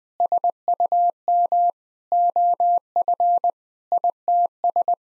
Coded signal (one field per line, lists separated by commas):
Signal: Morse code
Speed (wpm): 21 wpm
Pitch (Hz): 700 Hz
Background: none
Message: SUM OF ITS